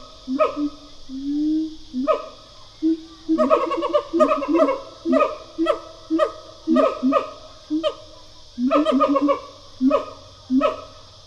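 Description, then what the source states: Siamang duet calls: low swooping hoots mixed with sharp barking notes in quick clusters, pausing briefly between bursts, with a constant high-pitched hiss behind. A pair of siamangs.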